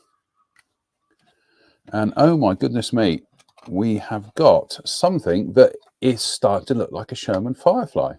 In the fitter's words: that then locks into place like so